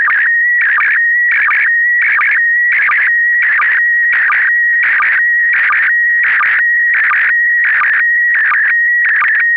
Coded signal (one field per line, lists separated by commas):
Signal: SSTV (slow-scan television)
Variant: PD 90